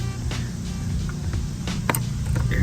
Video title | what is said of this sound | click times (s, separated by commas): DDM Tuning LED Headlights Install on 10th Gen Honda Civic! | you go it's gonna be at a certain angle you hear it click out of place then pull it out | 1.9 s